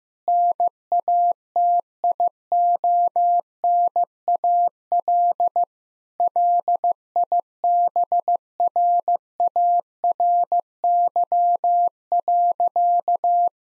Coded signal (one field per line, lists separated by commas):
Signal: Morse code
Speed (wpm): 15 wpm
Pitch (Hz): 700 Hz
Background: none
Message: NATIONAL LIBRARY.